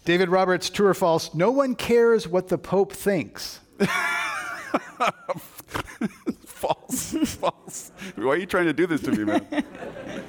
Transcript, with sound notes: David Roberts, true or false. No one cares what the Pope thinks?
[Laughs]. False. False. Why are you trying to do this to me man.